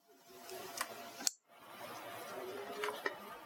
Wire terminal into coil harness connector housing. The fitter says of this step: in this orientation until you hear the click